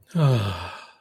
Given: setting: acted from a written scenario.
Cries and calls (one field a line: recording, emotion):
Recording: vocal sound without words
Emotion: romantic love